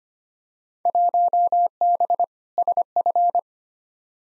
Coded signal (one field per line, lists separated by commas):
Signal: Morse code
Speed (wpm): 25 wpm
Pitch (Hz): 700 Hz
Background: none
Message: 1B SF